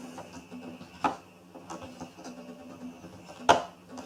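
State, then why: Seated. A DDR4 memory stick is pressed into its motherboard DIMM slot and gives a short, sharp click at 1.0 s, which means it is properly seated. A second, louder sharp sound comes at about 3.5 s, over a low, steady background hum.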